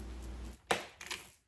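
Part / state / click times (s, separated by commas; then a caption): vacuum hose into wand / seated / 0.7 s. The plastic hose of a BISSELL Pet Hair Eraser Allergen Lift Off upright vacuum is lined up with the wand and twisted clockwise home, clicking into place at 0.7 s after a low, steady background rumble and a brief quiet moment. Two smaller, fainter clicks follow at about 1.0 s and 1.1 s before the sound fades out, and the hose is confirmed seated on the wand.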